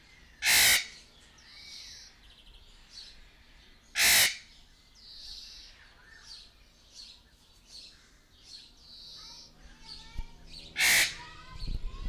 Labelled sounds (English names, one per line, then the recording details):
Eclectus Parrot call
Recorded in captivity
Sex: female
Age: adult
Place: Zoo Berlin, Berlin, DE
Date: 1998-06-20 11:11
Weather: wolkig - heiter, 20°C
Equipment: Sony MD-WM MZ-R3, Sennheiser ME 80, Kopie Uher 4000 Report Monitor
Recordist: Tembrock, Günter